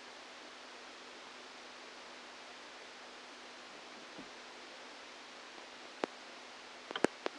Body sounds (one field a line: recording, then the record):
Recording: brain microelectrode recording played as sound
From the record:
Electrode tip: outside the subthalamic nucleus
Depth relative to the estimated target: -4 mm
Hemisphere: left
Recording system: NeuroSet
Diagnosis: Parkinson's disease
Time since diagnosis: 17 years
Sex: male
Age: 64 years